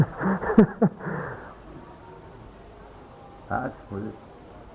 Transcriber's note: laughter